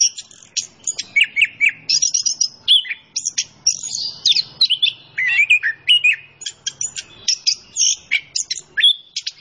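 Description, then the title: Orange-headed thrush singing continuously, rapid high twittering phrases with quick whistled slurs, barely pausing. Singing vigorously (gacor); masteran training song for teaching songbirds; kicau mania hobby. "Anis Kembang Gacor. Kicau Mania Masteran Anis Kembang ORIGINAL"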